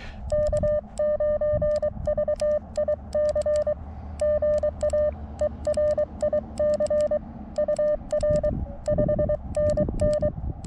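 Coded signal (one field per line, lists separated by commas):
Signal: Morse code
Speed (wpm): 23 wpm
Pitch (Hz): 590 Hz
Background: none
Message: K9VIC GA ERIC UR 5NN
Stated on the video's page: CW Parks On The Air activation with a KX2 in horrendous conditions, later using a better antenna.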